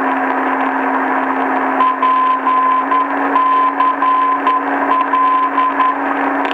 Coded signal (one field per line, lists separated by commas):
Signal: Morse code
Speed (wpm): 10 wpm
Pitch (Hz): 1020 Hz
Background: radio noise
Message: PCL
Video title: 415 kHz Non Directional Beacon - NDB: PCL (Poços de Caldas)